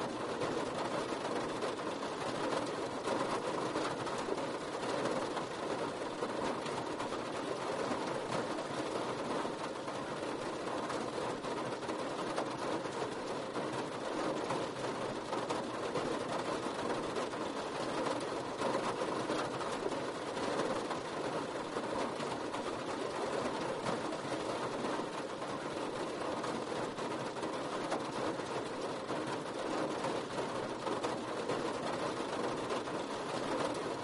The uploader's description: As the thunder rolls softly in the distance and raindrops dance lightly on your window